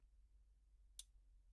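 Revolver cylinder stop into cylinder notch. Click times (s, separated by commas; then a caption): 1.0 s. A Colt Trooper MK 5 revolver's cylinder is turned by hand until the steel cylinder stop clicks into the cylinder notch. A single short, sharp, bright click sounds at 1.0 s over a quiet, low background hum. The cylinder stop seats in the notch.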